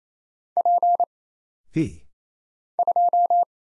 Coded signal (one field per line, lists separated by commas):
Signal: Morse code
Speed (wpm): 27 wpm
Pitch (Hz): 700 Hz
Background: none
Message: P 2